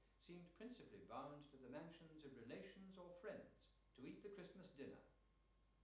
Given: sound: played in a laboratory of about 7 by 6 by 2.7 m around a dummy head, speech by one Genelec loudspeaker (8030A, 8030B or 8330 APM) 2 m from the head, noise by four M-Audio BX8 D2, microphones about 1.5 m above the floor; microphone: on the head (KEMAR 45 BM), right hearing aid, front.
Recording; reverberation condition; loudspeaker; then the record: male speech in English; medium; 150 degrees to the right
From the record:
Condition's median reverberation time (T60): about 510 ms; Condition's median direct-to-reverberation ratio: about -0.5 dB